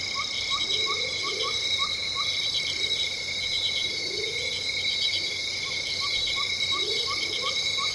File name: felix blume nature tropical rainforest ambience venezuela loud insects